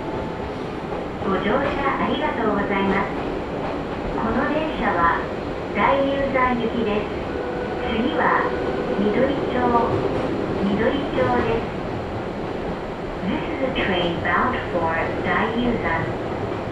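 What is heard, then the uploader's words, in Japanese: Voices talk steadily over the low, continuous rumble of a train, with speech and bright station announcements mixed in throughout. 伊豆箱根鉄道 大雄山線 小田原→大雄山。小田原駅の東端から出るので、ＪRの音声が混じったりする中を発車して、緑町を過ぎると東海道本線と新幹線の下をくぐって北に進路をとります。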